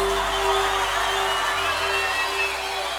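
A live concert crowd applauds and cheers in a dense, steady roar of clapping and shouting that holds at an even loudness throughout, with a faint low electrical hum underneath.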